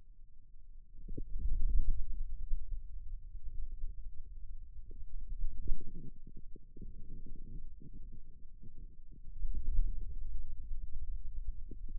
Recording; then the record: forearm muscle sounds (acoustic myography)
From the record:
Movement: ulnar deviation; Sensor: system 2, bracelet of six BSWA MPA416 microphones around the upper forearm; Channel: 5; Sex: male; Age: 22 years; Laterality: right